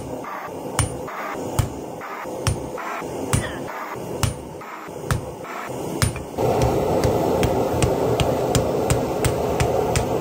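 Forging the rusty hook: sharp hammer strikes ring out roughly every second over a low rumble that grows louder and hissier after six seconds.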